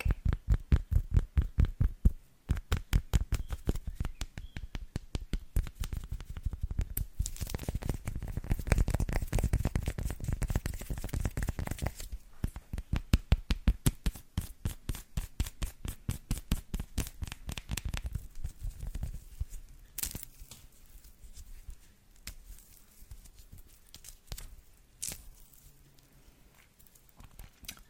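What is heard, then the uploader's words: Quick tapping and scratching on textured chocolate, with rapid clicky strokes in dense bursts. The first half is fuller and busier, especially around seconds 7–12, then the taps thin out and grow sparser and lighter, with a few sharp crisp hits near 20 seconds. ASMR - TAPPING and SCRATCHING on CHOCOLATE (textured).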